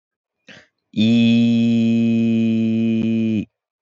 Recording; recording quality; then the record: sustained vowel as in beet; excellent, no background noise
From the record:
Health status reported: exposed to COVID-19, no respiratory illness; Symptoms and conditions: cold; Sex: male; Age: 22 years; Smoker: not ticked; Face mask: worn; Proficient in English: yes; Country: India